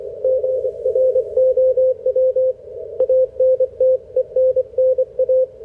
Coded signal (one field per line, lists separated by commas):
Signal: Morse code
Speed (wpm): 26 wpm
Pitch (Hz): 520 Hz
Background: radio noise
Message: GROW ANTENNA